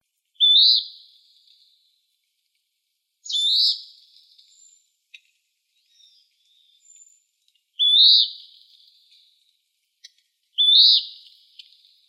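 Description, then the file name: Western wood-pewee giving burry, slurred high calls that rise then trail downward, four calls spaced about three to four and a half seconds apart, with faint soft notes between them. Recorded in Arizona. "WEWP 5 A deviche"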